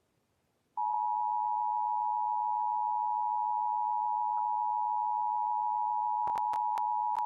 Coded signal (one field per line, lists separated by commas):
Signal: Emergency Alert System (SAME) tones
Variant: 853 and 960 Hz attention tone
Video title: EAS Severe T’storm Warning #10 3/15/25 (Credit Goes To @SouthernPennsylvaniaWX & @KanawhaCountyWX)